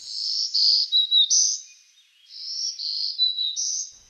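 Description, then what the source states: Black-throated green warbler song: a short phrase of high buzzy notes, a lower note, then a higher final buzz, given twice. Transient warbler; buzzy song rhythm likened to 'trees, trees, murmuring trees'; tends to forage in one spot and sing repeatedly.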